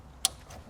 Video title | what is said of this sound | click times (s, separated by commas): This Land Cruiser's Audio Setup Is So Good! - Encore Alpha Amplifier | And then the male side click sound. | 0.2 s